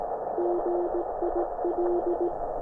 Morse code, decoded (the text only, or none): GIL